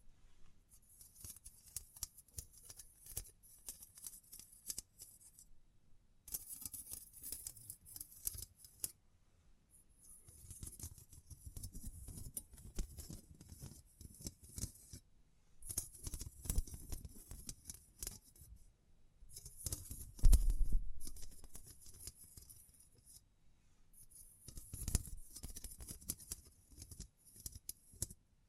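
Tapping, scratching and brushing sounds come in bursts separated by short pauses, with crisp hissy crinkles and soft low thumps throughout.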